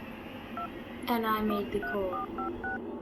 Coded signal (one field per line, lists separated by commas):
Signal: DTMF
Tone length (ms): 130 ms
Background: speech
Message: 2 3456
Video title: Scary Phone calls that I wish I hadn't made| Scary stories 2020